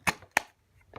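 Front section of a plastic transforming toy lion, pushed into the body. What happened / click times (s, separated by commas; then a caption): The plastic part snapped into place / 0.4 s. The front section of a plastic transforming toy lion robot is flipped up and pushed into the body during transformation. A sharp click is heard at 0.4 s, after a similar sharp snap near 0.1 s and followed by faint, softer clicks near the end. The front part seats into place.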